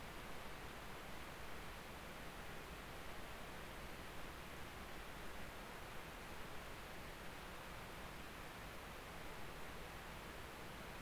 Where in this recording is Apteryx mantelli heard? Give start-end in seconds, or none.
none